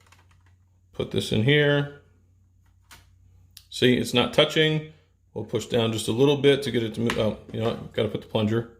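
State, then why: Not seated. Someone talks while handling the plunger of a Whitestone Dome Glass screen-protector installation tray over a Note 10/Note 10+ phone, with faint taps at the start and a brief sharp tap at 3.6 s. The plunger has not yet been fitted and pushed home on the tray, so nothing has seated or clicked yet.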